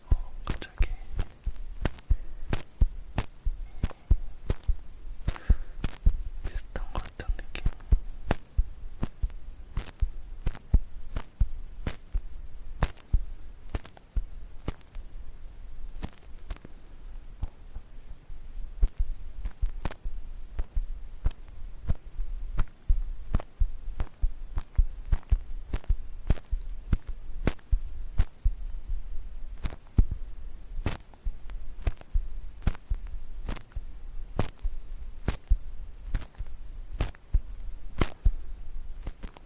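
Ear cleaning with a sticky pick and cotton swab: sharp crackling clicks repeat steadily about once a second over a quiet low hum.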